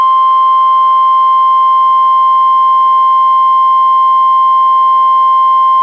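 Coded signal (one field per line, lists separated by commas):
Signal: Emergency Alert System (SAME) tones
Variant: 1050 Hz attention tone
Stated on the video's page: NWS Portland required weekly test relayed by NOAA Weather Radio station in Astoria, recorded from a Reecom R-1630 weather radio via a Zoom H1 recorder.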